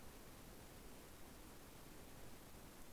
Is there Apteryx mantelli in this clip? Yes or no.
no